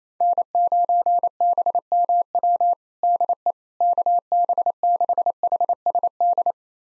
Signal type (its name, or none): Morse code